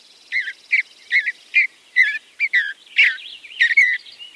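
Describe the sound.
Eastern Bluebird song: a rapid series of short, burry warbled phrases against a quiet background.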